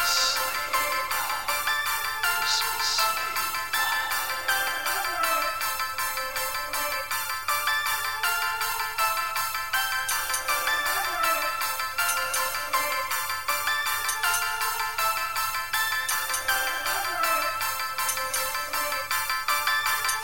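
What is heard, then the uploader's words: Sleigh bells jingle without a break for the whole stretch, a dense, bright shimmer of overlapping ringing tones. The shaking keeps a steady, even pulse with no pauses, and a faint low hum sits underneath throughout. Christmas sleigh ride in the snow.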